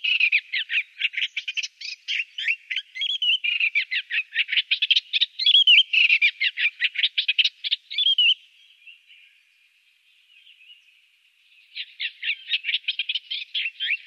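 Eastern Olivaceous Warbler song, a long run of rapid scratchy churring notes, a quieter pause of a few seconds, then the chattering resumes.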